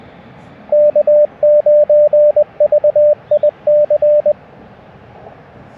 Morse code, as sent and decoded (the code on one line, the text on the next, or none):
-.- ----. ...- .. -.-.
K9VIC